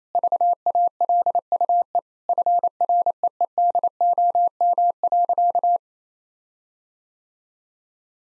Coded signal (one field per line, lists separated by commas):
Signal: Morse code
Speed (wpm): 28 wpm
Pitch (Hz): 700 Hz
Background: none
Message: VALUE FREEDOM.